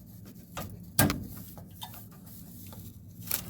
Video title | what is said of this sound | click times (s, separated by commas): 1968 Camaro Rear Brake Line Installation: 331 | and just Clips in | 1.0 s